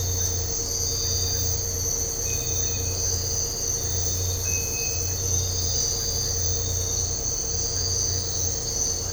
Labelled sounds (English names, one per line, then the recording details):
none
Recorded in dense forest near Puerto Asís, Putumayo, Colombia, on 9 March 2025 at 04:00
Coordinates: 0.468, -76.322
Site GP01